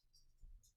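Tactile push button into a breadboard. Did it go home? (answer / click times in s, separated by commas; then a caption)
no / none. A small tactile push button is handled and pressed toward a breadboard across the center bridge, with one corner in line with a jumper wire. Faint high-pitched tones around 0.2 s and 0.65 s sit over a low rumble that swells between about 0.4 and 0.6 s. Nothing has seated or clicked yet.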